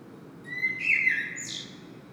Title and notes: Saint-Gilles, Belgique - Blackbird singing. Le merle chante